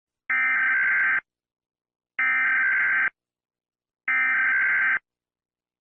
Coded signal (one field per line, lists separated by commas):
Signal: Emergency Alert System (SAME) tones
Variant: header bursts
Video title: Ranking EAS Alarm 🚨